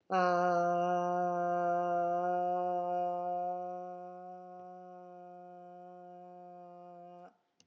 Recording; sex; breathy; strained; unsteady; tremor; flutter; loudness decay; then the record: sustained vowel /a/; female; absent; absent; present; absent; absent; present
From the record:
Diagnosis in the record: healthy control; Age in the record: 61 years